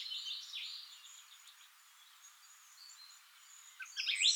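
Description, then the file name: Eurasian blackcap giving short, high, twittering notes in a burst at the start, then quiet hiss, then another brighter chattering burst at the very end. "Sylvia atricapilla"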